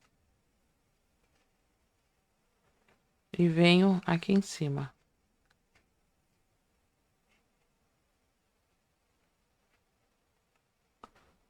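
A plastic safety eye for a stuffed teddy bear is handled, fitted from below and above before its locking washer goes onto the eye shank. Someone talks briefly, followed by quiet handling with faint ticks and a sharper tick near 11.0 s. The washer has not been pressed home and nothing has seated or clicked yet.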